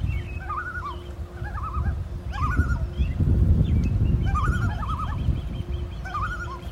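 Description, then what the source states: Common loon tremolo calls, wavering quavering notes repeated in short bursts several times, over a low rumbling background. Two common loons on Rice Lake, Wisconsin, recorded July 20.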